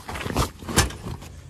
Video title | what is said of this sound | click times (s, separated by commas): How to use and open a Palomino tent trailer | see that you hear that click right there and you could you could even push back | 0.8 s